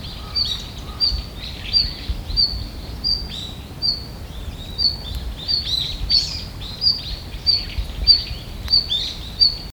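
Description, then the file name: Red-flanked bluetail calls: a short high thin note repeated many times at an uneven rate, with fainter notes between. "ruribitakic"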